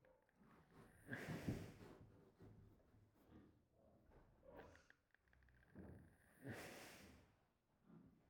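Rough, noisy snorting breaths from a resting pregnant pig, with two loud snores about five seconds apart and softer grunting breaths between them. This is ordinary snoring in a pregnant pig.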